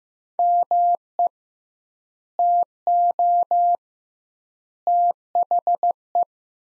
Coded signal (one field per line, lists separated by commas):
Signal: Morse code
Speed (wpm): 15 wpm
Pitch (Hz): 700 Hz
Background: none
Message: ME TO THE